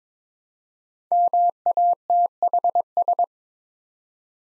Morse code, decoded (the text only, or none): MATHS